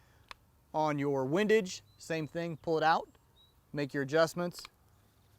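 After an elevation adjustment, the pull-up adjustment turret on a TenPoint crossbow's variable power scope is pushed back down and snaps into its locked position with a sharp click at 0.3 s. The turret is seated, and someone then talks.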